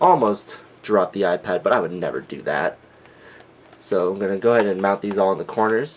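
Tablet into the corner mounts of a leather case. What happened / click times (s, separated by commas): Tablet handled toward its case mounts; no seating click yet / none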